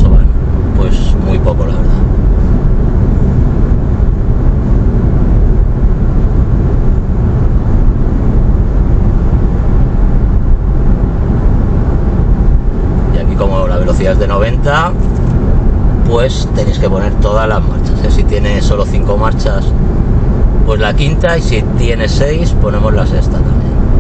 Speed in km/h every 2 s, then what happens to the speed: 83, 83, 83, 84, 86, 86, 84, 82, 84, 84, 84, 83.
0-24 steady at about 84.